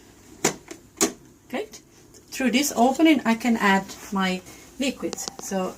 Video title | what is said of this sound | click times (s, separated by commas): Silvecrest Food Processor Lidl - How to Use the Blender and Kneading Hook | which is fitted this way, and it will click into position now. | 0.5 s, 1.0 s